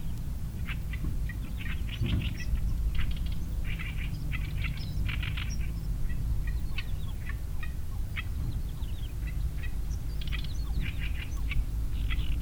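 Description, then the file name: Oriental reed warbler song of rasping, guttural and squeaky notes strung into uneven phrases with short gaps, against low background rumble. Two birds singing; recorded at Changle, Fujian, China, on 5 May 2012. "Oriental Reed Warbler 2 birds Song 120505 Fujian Changle"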